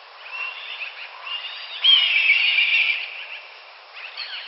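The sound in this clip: Hawk giving a single harsh, drawn-out scream lasting about a second, with faint chirps from small birds before and after.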